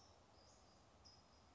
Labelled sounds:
California Towhee (Melozone crissalis)
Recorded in Sonoma County, California

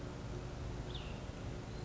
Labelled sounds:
Cassin's Vireo (Vireo cassinii)
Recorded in Sonoma County, California

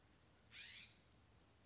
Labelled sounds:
California Scrub-Jay (Aphelocoma californica)
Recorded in Sonoma County, California

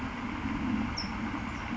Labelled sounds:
California Towhee (Melozone crissalis)
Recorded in Sonoma County, California

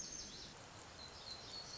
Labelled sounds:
Black-throated Gray Warbler (Setophaga nigrescens)
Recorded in Sonoma County, California

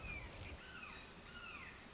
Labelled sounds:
Red-shouldered Hawk (Buteo lineatus)
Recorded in Sonoma County, California

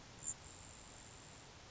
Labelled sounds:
Grasshopper Sparrow (Ammodramus savannarum)
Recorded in Sonoma County, California

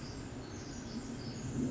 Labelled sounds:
Pacific Wren (Troglodytes pacificus)
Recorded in Sonoma County, California

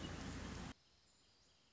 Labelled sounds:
Wrentit (Chamaea fasciata)
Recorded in Sonoma County, California

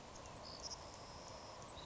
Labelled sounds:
Savannah Sparrow (Passerculus sandwichensis)
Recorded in Sonoma County, California

